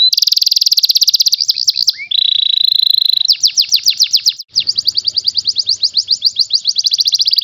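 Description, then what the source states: Canary song: continuous rapid trills of high notes, shifting between fast buzzy rolls, a steady sustained tour and sweeping downslurred notes, with a brief pause midway. Master recording of a national contest champion canary.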